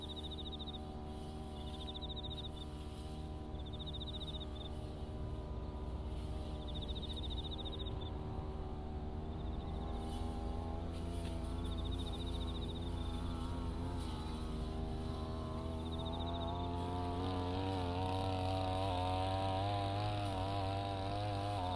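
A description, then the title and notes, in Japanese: A brush cutter drones steadily between sweet potato rows, its pitch wavering and rising later, while autumn insects chirp in short repeated bursts. 環境音 機械音あり サツマイモ畑の草刈り。サツマイモの畝間を行ったり来たり、ひたすら草刈り機で草刈りです。そして、夜も徐々に肌寒くなってきて、頑張っているのはひたすら相手を探す秋虫たちの鳴き声。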